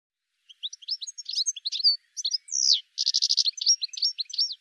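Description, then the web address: Bird song of high chirps and slurred notes, a descending whistle, then a buzzy rattling burst followed by more quick twittering. "cianscape birddata"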